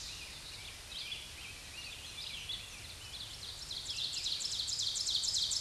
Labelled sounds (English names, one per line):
Ovenbird song